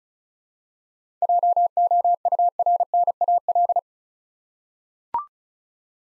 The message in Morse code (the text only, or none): JOURNAL